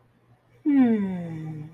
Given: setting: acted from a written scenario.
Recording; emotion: vocal sound without words; serenity